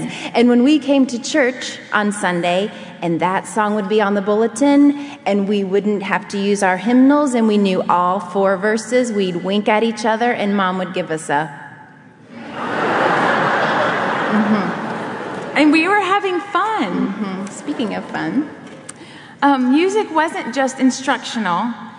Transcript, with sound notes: Yes, and when we came to church on Sunday, and that song would be on the bulletin, and we wouldn’t have to use our hymnals because we knew all four verses, we’d wink at each other, and Mom would give us a look (laughter) And we were having fun. Speaking of fun, music wasn’t just instructional.